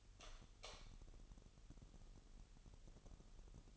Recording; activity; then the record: daily activity, microphone in the room; light on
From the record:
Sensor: 4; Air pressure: 989.2 hPa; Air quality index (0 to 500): 211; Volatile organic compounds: 59 ppm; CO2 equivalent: 3408 ppm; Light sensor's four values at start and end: 25/82/31/31 and 28/94/35/36